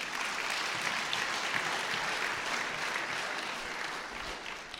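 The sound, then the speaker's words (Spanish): Sustained applause from an audience, a dense steady wash of many hands clapping at even loudness for about five seconds, easing slightly toward the end, with no voices over it. “Aplauso, se lo ganó.”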